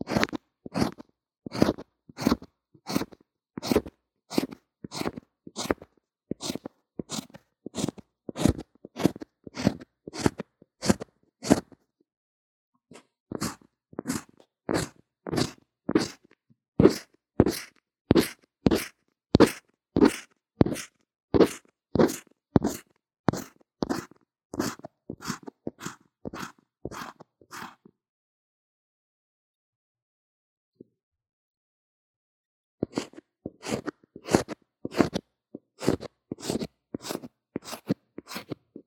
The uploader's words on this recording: 各種玩弄線麥!! Lo-fi Earphone Mic drawing & Makeup | No Talking.